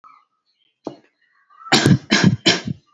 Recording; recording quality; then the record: shallow voluntary cough; excellent, no background noise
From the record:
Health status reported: exposed to COVID-19, no respiratory illness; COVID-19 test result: negative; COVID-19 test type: RT-PCR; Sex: female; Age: 22 years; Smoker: no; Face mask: worn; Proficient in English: yes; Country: India